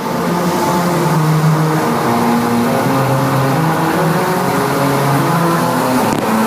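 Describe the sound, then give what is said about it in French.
A car engine hums steadily while tires roll over a musical road, producing a droning melody of sustained tones that step up and down in pitch for several seconds, with no talking. “On n'aurait pas entendu le moteur.”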